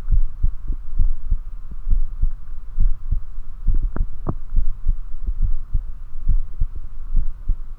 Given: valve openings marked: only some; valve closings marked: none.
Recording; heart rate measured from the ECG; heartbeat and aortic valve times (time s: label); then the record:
heart sounds by stethoscope; 68 bpm
0.14 s: heartbeat (ECG mark)
0.19 s: aortic valve opens (echo mark)
1.01 s: heartbeat (ECG mark)
1.93 s: heartbeat (ECG mark)
2.82 s: heartbeat (ECG mark)
3.69 s: heartbeat (ECG mark)
4.58 s: heartbeat (ECG mark)
5.44 s: heartbeat (ECG mark)
6.30 s: heartbeat (ECG mark)
7.18 s: heartbeat (ECG mark)
From the record:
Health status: healthy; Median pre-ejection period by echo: 48 ms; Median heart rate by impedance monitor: 69 bpm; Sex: male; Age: 24 years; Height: 167 cm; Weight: 61 kg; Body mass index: 21.87